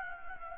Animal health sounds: mosquito wingbeat signal from an infrared sensor; Anopheles gambiae

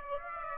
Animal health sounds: mosquito wingbeat signal from an infrared sensor; Aedes aegypti

